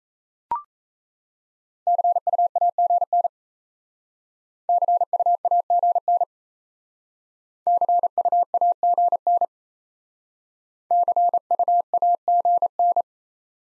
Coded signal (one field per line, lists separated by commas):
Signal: Morse code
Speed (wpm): 36 wpm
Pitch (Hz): 700 Hz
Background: none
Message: CUAGN CUAGN CUAGN CUAGN